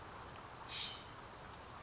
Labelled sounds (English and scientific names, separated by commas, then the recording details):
California Scrub-Jay (Aphelocoma californica)
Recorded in Sonoma County, California